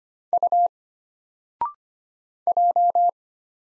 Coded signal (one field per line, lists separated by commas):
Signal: Morse code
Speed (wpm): 25 wpm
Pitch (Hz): 700 Hz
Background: none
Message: U J